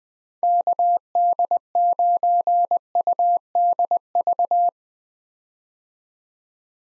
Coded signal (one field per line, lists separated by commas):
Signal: Morse code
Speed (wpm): 21 wpm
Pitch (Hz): 700 Hz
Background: none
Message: KD9UDV